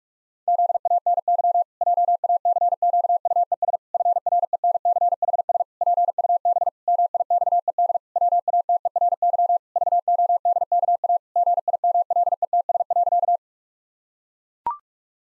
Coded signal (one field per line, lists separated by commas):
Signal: Morse code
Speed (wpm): 44 wpm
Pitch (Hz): 700 Hz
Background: none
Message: ZANY JACQUES FRENCHS PUB MIXED WATERY VODKA GIMLETS.